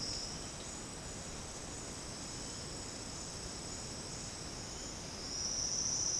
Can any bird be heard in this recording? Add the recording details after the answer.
no. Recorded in secondary vegetation near Puerto Asís, Putumayo, Colombia, on 8 March 2025 at 11:00. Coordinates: 0.485, -76.322. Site G040